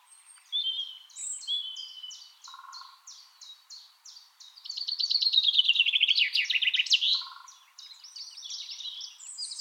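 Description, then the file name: Common chaffinch song: a loud series of notes falling in pitch and ending in a flourish, with quieter chirps before and after and a few low buzzy sounds. "Fringilla coelebs"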